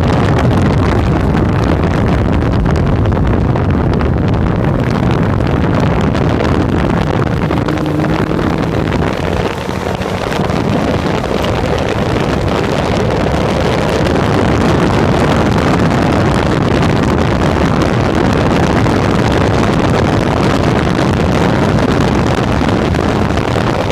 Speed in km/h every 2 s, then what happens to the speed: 56, 43, 45, 50, 58, 65, 69, 76, 73, 75, 78, 78.
0-4 slows to 45. 4-13 speeds up to 76. 13-24 steady at about 76.